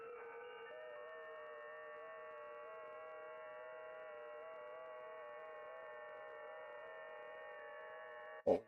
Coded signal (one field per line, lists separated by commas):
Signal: FT8